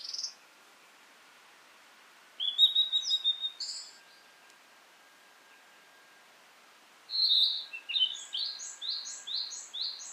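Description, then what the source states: Blue-and-white flycatcher song: clear whistled notes followed by a quick run of repeated descending slurred phrases, in bursts separated by pauses of a few seconds. Recorded 18 April 2017 at 11:11.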